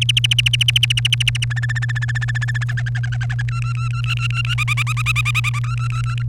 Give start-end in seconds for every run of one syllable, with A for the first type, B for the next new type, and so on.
0.01-1.44 A, 1.50-2.64 B, 2.69-3.42 C, 3.48-4.54 D, 4.58-5.59 E, 5.64-6.22 D